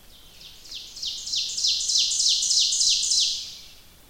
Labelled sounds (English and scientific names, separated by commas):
Ovenbird (Seiurus aurocapilla) song